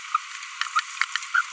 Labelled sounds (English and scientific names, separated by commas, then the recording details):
Green-rumped Parrotlet (Forpus passerinus) babbling
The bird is a female
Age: 23 days
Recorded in a nest box in Venezuela
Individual 17B42B2